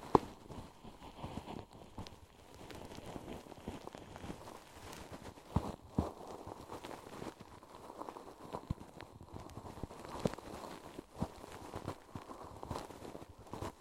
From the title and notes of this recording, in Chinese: 一次纯粹清洁耳朵的体验。